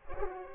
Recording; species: mosquito wingbeat signal from an infrared sensor; Culex pipiens